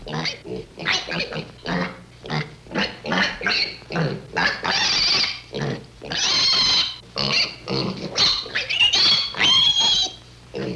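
Pig grunts and squeals in a quick, uneven series of harsh bursts, with a few longer high-pitched squeals near the end.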